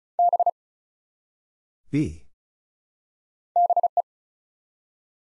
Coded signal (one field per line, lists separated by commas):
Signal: Morse code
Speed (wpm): 36 wpm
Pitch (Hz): 700 Hz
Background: none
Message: B BE